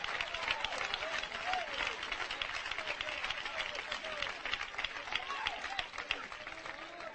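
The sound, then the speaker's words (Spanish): A crowd applauds steadily for several seconds, a dense, even wash of clapping with scattered voices and cheers rising through it, holding at a fairly constant loudness throughout. “Oiga, ese aplauso es para Donald Trump, ¿verdad, hermanos?”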